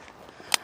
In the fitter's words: till it locks in place right there it locked into place and then you do the same thing on the opposite side